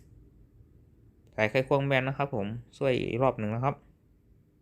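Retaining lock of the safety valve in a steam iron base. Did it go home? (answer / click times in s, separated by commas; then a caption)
no / none. A flat screwdriver is used a second time to push the retaining lock of the safety valve, fitted with a new rubber seal and spring, into place in the base of a Philips GC9315 steam iron being repaired because it does not give steam, with a faulty water pump and electrovalve. Someone talks from about 1.4 to 3.8 seconds over a quiet background, with no distinct click heard. The lock has not seated or clicked yet.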